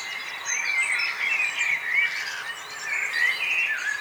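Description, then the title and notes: Bird: dense twittering of many birds, blurred whistles and chirps merging into a constant bright wash of song. Morning bird chorus at Nonnenhorn, 10 May 2009, 04:24. "nonnenhorn, morgenstimmung, vögel. vogelgesang, vorgelgezwitscher"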